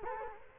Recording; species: mosquito wingbeat signal from an infrared sensor; Culex quinquefasciatus